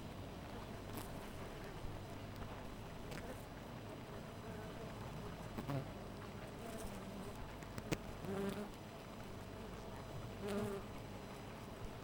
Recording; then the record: honeybee colony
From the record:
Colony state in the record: missing queen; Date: 14 July 2017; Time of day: 4:30